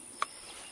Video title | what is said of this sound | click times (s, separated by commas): Helping A New Beekeeper Install Nuc Hive | and then they snap into place. Right? Perfect. Yep. | 0.2 s